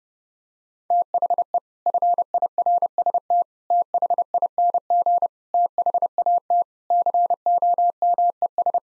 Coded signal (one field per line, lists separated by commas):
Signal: Morse code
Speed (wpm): 30 wpm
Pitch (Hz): 700 Hz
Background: none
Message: THE FIRST THING THAT COMES